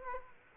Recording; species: mosquito wingbeat signal from an infrared sensor; Aedes aegypti